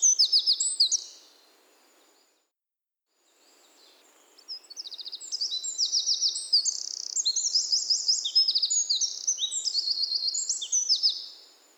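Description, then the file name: Eurasian wren: a short burst of high trills, a pause of a few seconds, then a long fast song of rattling trills and sharp notes. "Troglodytes troglodytes"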